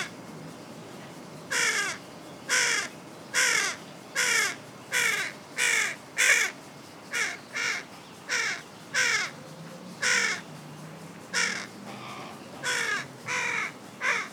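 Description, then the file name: Carrion crow delivering a long series of about seventeen short, hoarse caws in a fairly steady cadence. "Corvus corone"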